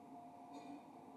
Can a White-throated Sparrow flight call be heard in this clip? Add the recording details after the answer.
no. No flight call is heard. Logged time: 03:19 on 2 December 2014